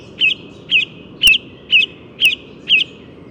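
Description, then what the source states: Common Chiffchaff song, six bright notes delivered evenly about every half second over a constant low rumble. Bird just woken up, recorded at the Bois de Vincennes on 6 April 2018, with permanent suburban background noise.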